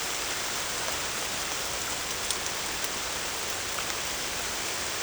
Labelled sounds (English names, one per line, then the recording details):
none
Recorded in secondary vegetation near Puerto Asís, Putumayo, Colombia, on 18 December 2024 at 23:00
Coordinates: 0.489, -76.322
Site G059